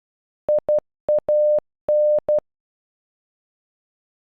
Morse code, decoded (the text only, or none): IAN